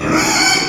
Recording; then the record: squeal of a Yucatan mini pig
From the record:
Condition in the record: before surgery on the right vocal fold (resection and tissue-engineered implant); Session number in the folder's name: 1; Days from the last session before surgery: -3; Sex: male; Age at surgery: 12 weeks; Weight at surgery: 13 kg